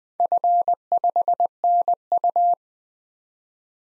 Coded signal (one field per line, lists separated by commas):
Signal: Morse code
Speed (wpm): 21 wpm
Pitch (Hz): 700 Hz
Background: none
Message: F5NU